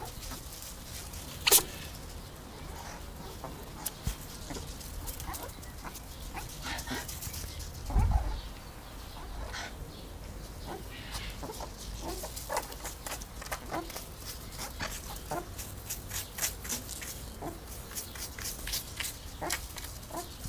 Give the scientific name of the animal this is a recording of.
Mungos mungo